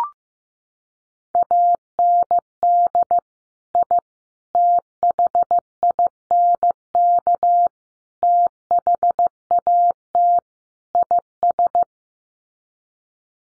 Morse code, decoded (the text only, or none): AND I THINK THAT IS